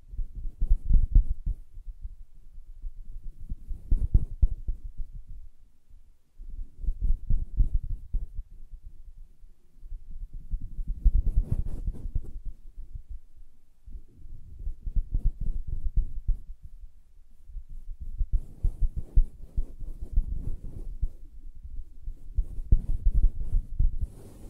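Soft tapping and scratching on a fabric surface, muffled and low, with dense rapid strokes coming in swells roughly every three to four seconds. Brief quiet gaps fall between bursts, and a few brighter scratchy touches stand out near 11 and 19 seconds.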